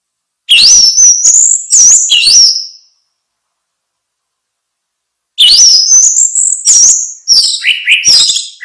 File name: suara kicau burung anis merah luar biasa